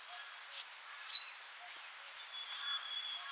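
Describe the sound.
Rufous-gorgetted flycatcher song: two high, sharp notes in quick succession, then a long thin level whistle amid faint background chirps.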